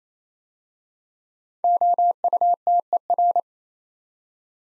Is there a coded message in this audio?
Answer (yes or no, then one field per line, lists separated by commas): yes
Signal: Morse code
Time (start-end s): 1.6-3.4 s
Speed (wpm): 27 wpm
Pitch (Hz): 700 Hz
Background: none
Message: OUTER